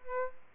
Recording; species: mosquito wingbeat signal from an infrared sensor; Aedes aegypti